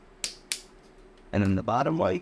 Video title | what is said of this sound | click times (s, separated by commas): A2 SP Build Tutorial | tighten that until it clicks | 0.2 s, 0.5 s